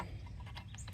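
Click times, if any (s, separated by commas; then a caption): none. A rubber spark plug wire boot with a metal clip is handled and pushed toward the spark plug terminal on the small engine of a Husqvarna yard tractor that has sat for 10 years. A steady low rumble runs underneath, with a few faint short ticks and scrapes around 0.6, 0.75 and 0.9 seconds. Nothing has seated or clicked yet; the boot has not snapped home by the end.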